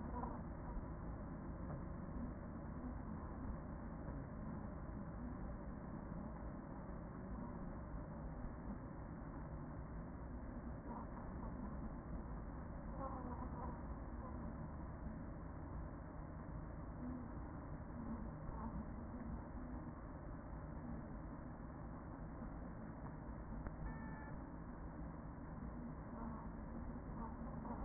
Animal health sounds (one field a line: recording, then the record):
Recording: honeybee colony, microphone inside the hive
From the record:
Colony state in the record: queen present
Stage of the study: after two queens were removed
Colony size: about 40,000 bees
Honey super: no